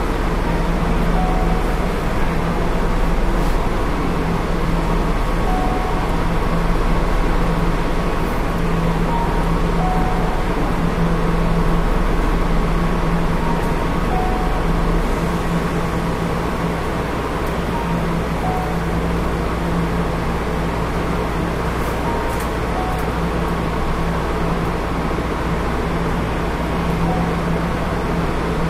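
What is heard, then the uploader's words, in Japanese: Running noise recorded inside an electric commuter train: a dense, steady low rumble and roar that holds level for the whole stretch. A faint motor hum rises and falls underneath, with occasional light clicks and short high tones from the wheels and track. 京阪電気鉄道5000系電車の走行音です。It is running noise of the Keihan Electric Railway 5000 series train.I recorded on a semi express train on the Keihan main line.The section is from Kyobashi to Hirakatashi.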